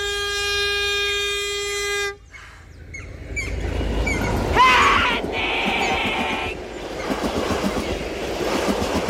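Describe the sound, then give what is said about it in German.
A loud, steady train horn blares for two seconds, then a train rumbles and clatters along the rails, with a brief high metallic squeal in the middle and rhythmic clacking continuing to the end. “Den Zug! Stoppen Sie den Zug!”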